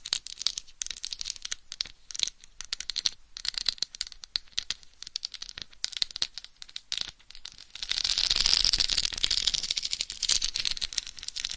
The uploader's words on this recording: ASMR Binaural Head Mic Scratching & Tapping INTENSE Head & Scalp Massage. No Talking.